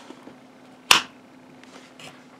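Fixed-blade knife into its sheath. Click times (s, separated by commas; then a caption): 0.9 s. A small CRKT SIWI fixed-blade knife is pushed into its molded sheath, which has no adjustable retention. A sharp, loud click sounds at 0.9 s, followed by fainter handling noises around 1.6 and 2.0 s. The knife is seated with a very positive click and is held firmly in the sheath.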